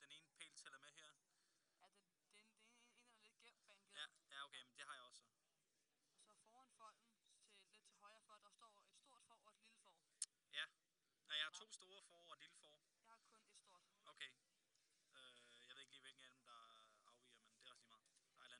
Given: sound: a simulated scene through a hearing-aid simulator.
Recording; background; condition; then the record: conversation; quiet; 55 dB SPL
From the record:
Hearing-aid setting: standard clinical setting (NAL); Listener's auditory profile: A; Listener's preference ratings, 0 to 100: 87, 69, 82